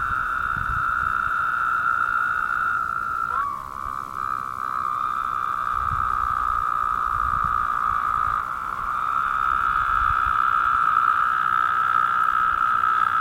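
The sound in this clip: Several Woodhouse's toads produce overlapping, buzzy, droning calls that shift slightly in pitch as one voice stops and another takes over, with faint low rumbles beneath.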